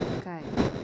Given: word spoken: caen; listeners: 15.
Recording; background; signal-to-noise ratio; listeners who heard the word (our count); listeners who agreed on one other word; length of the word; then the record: one Spanish word in noise, from a listening test; noise modulated by one talker; -9.6 dB; 1 of 15; 11 of 15; 0.44 s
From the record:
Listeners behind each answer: 11, 1, 1, 1, 1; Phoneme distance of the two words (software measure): 7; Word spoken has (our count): 2 syllables, 4 phonemes, stress on syllable 1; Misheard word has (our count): 2 syllables, 3 phonemes, stress on syllable 1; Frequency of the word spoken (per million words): 13.15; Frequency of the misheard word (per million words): 31.67